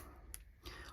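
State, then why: Seated. A small plastic detail part for a partwork 1989 Batmobile model is pushed into small locating holes on the model car body. A single sharp, bright click at 0.3 s shows the part clicking into place, followed by a softer, broader handling sound at about 0.7 s. The part is seated.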